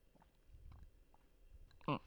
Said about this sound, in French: Excusez-moi. Je vais prendre une petite gorgée d'eau.